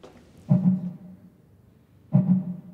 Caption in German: Das ist der Herzschlag einer Miesmuschel. Ulrike Schmitz, die Künstlerin dahinter, widmet sich dem Thema, wie nichtmenschliche Organismen miteinander kommunizieren. Dass der Herzschlag einer Muschel plötzlich hörbar wird.